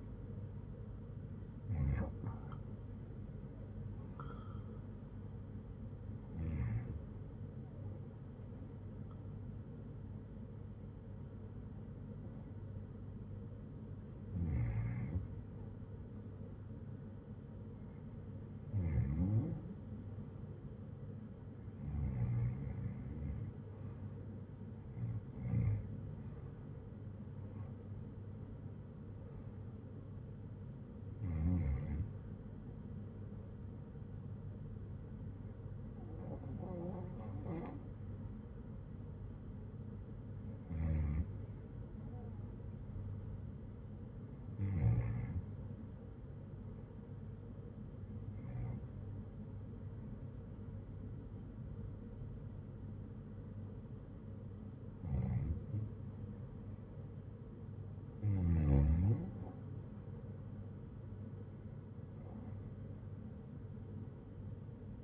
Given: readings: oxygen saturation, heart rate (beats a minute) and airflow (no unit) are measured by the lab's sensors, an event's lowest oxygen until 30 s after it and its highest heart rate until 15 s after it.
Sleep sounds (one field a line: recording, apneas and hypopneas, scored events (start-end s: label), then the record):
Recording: breathing in sleep by a smartphone at the bedside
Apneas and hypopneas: 2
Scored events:
8.00-24.20 s: hypopnea (REM, oxygen 89% highest, then 86% lowest, heart rate 72 at the start, 76 highest)
42.00-57.60 s: hypopnea (REM, oxygen 91% highest, then 86% lowest, heart rate 81 at the start, 82 highest)
From the record:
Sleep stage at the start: REM sleep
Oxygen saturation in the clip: 86 to 91%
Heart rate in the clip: 64 to 82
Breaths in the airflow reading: 19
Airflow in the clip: -5.7 to 5.3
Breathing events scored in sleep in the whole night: 182 in 7.4 hours asleep